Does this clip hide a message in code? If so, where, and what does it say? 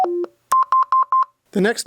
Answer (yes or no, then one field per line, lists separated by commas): no